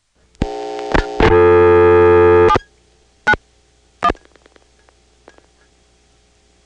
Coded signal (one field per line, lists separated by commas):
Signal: DTMF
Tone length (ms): 70 ms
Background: music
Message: 791